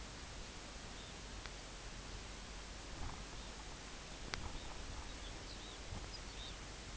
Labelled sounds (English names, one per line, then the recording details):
Red Phalarope
unidentified sound
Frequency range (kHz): Red Phalarope 2.5-4.8 kHz
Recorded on Arctic tundra, site UTQI-5, on 18 June 2019
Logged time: 20:00